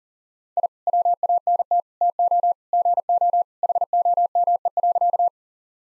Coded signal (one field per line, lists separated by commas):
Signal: Morse code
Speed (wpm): 40 wpm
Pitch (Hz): 700 Hz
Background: none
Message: I WANT TO GO HOME.